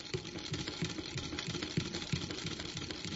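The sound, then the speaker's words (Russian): A sewing machine, used by a woman sewing at home, runs steadily with a fast, even mechanical clatter and low whirring thumps repeating several times a second, with no voices over it. “К счастью, она умела вышивать, вязать и шить, имела швейную машинку. Она решила трудиться дома.”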